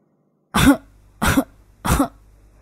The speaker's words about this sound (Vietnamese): Tiếng ho khan của … ngày càng trở nên to và nặng hơn.